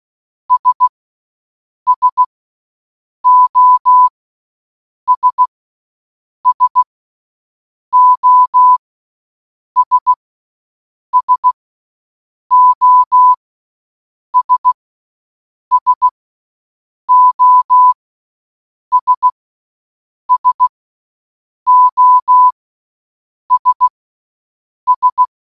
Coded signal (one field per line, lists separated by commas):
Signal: Morse code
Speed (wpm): 16 wpm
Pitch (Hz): 1000 Hz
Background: none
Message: S SOS SOS SOS SOS SOS S